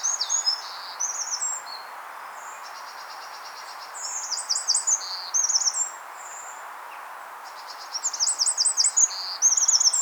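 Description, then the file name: Eurasian wren pouring out high, rapid trills and buzzy rattles in three bursts, with quieter gaps and steady hiss behind. "Troglodytes troglodytes"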